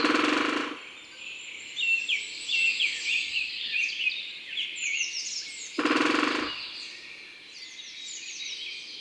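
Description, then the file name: Great spotted woodpecker delivers two brief rapid drum rolls about five seconds apart, while several small birds sing high twittering songs. Drumming, recorded in the Drôme, France. "Pic epeiche tambourinage Concerts Naturels de la Drome Studio les Trois Becs"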